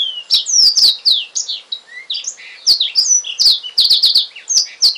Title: Kicau Kacer Durasi Panjang 1jam Lebih